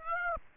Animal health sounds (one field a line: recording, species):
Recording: mosquito wingbeat signal from an infrared sensor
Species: Aedes aegypti